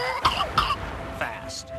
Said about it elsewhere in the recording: Barreling through your infant's body at up to 100 miles per hour with enough force to make him gasp for air. Pertussis, or whooping cough, is potentially fatal, and it's most often spread by parents.